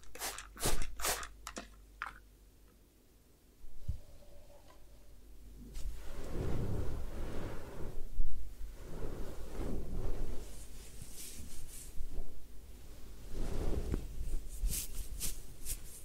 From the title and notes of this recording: ASMR Do You Need a Head Spa Hair Wash, Massage, Ear Cleaning (No Talking).